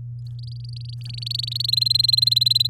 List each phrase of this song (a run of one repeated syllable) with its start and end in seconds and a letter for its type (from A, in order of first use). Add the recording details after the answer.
0.27-1.71 A, 1.72-2.67 B. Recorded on 7 May 2018 at 14:23. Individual llb16